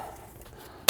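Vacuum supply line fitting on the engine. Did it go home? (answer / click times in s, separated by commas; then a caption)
yes / 0.9 s. A plastic vacuum supply line fitting is pushed onto its port on the engine of a 2012–2018 BMW with the N20 engine (F30/31 328i, F32 428i, F22 228i) during a turbocharger replacement. After quiet low handling noise and a faint tap near 0.4 s, a sharp loud click is heard at 0.9 s as the line clicks back in, seated.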